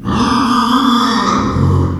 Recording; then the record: squeal of a Yucatan mini pig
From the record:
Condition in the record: after surgery on the right vocal fold (resection and tissue-engineered implant); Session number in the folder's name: 15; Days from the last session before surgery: 175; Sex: female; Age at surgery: 19 weeks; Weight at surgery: 25 kg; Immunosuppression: prednisolone